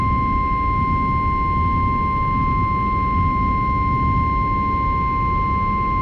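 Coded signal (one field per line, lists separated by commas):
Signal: Emergency Alert System (SAME) tones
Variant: 1050 Hz attention tone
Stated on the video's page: Tornado warning EAS activations aired on a news and talk radio station during a hurricane.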